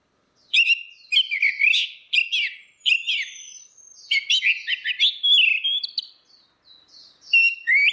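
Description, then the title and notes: Orange-headed thrush song, a continuous flow of sweet whistled and scratchy notes, rising and falling, with brief pauses between phrases. Continuous singing (ngeplong), used as a masteran for training other birds to learn the song. "Suara Burung Anis Merah Ngeplong. Masteran Anis Kembang"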